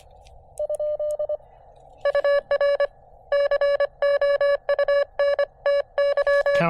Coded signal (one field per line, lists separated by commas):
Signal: Morse code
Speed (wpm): 24 wpm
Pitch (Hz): 590 Hz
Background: none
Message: ? UR COUNTY